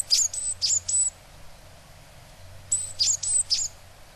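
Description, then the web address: Japanese tit giving two quick groups of thin, high, slurred notes, three or four per group, separated by a pause of about one and a half seconds. In Hyogo, dated 08-02; reference voice material. "shiryo koe sijuukara 0802 hyogo kaji"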